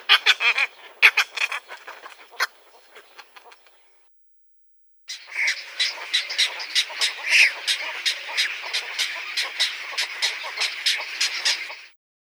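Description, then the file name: Western cattle egret calls: harsh, rapid rattling clacks in a stuttering series, a short silence, then a long run of grating croaks repeated steadily. "Caplja egipetskaja"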